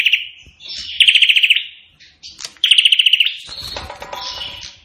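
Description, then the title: Prinia song: fast, stuttering trills of sharp, high chips, two loud ones about half a second long, with softer twittering between and a lower rasping noise near the end. Prenjak singing in full voice ('gacor'), in the song style called 'Suara Tembakan Ak-47' (AK-47 gunfire sound). "Burung Prenjak Gacor Suara Tembakan Ak-47"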